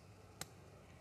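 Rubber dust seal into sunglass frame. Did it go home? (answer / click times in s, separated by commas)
yes / 0.4 s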